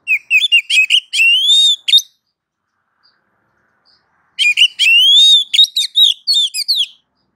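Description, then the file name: Oriental magpie-robin calls in two rapid bursts of high, sweet whistles and chirps, some notes sliding upward, with a quiet gap between the bursts. Female oriental magpie-robin (kacer) calling to a male. "Kacer betina memanggil jantan"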